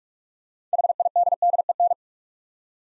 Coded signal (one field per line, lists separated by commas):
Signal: Morse code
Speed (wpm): 44 wpm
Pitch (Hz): 700 Hz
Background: none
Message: HIDDEN